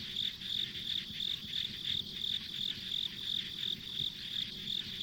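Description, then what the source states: Chirping insects, short bright pulses in a steady rhythm of about three per second, with a soft background hiss. Ambient insect sounds on a rural country road.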